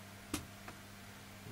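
A memory stick is pushed down into its motherboard DIMM slot, and the plastic retention latches on each end click closed one side at a time. A sharp click at 0.3 s is followed by a fainter click at about 0.7 s over a steady low hum. The module is seated and locked securely in place.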